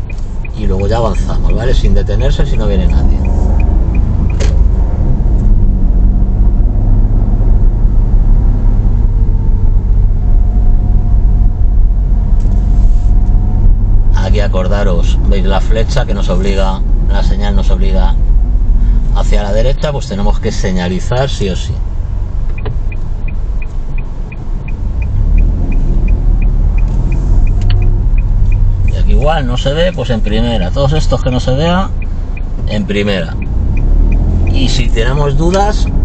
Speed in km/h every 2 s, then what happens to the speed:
11, 22, 23, 27, 23, 23, 25, 28, 26, 13, 0, 2, 5, 13, 8, 1, 0, 8.
0-5 speeds up to 27. 5-15 steady at about 25. 15-21 brakes to 0. 21-23 standing. 23-27 pulls away to 13. 27-30 brakes to 1. 30-33 standing. 33-36 pulls away to 8.